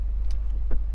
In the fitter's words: it clicks right into place